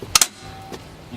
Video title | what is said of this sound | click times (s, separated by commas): Wheel Dolly Training for AWD/4X4 Vehicles | see how this came up not you know that it's all the way locked when this comes up a little bit and | 0.2 s